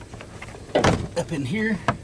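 A plastic retaining clip on the sensor wiring harness of a Ram 1500 truck is handled and pushed up toward its mount while someone talks. Brief handling knocks come at about 0.2, 0.4 and 0.8 seconds. Nothing has seated or clicked yet by the end of the clip.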